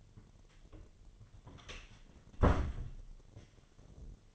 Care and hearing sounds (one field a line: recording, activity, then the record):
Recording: daily activity, microphone in the room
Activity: close door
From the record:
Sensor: 4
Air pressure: 1008.1 hPa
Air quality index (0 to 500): 182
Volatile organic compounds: 5 ppm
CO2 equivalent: 1820 ppm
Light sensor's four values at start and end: 23/72/27/26 and 24/75/28/28